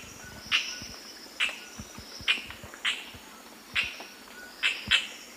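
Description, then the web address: Amazon kingfisher calls: several sharp clicking notes at irregular intervals, two close together near the end. A pair calling and singing; eastern lowlands of South America. "Natures Songs S America Eastern Lowlands 188-03 Chloroceryle amazona, song and calls pair"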